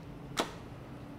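A battery pack is released from the battery mount of a Sony NX100 camcorder: the release button is pressed and the battery is pushed up off the mount. A single sharp click-like hit sounds at 0.4 s over a low steady hum, and the battery comes free.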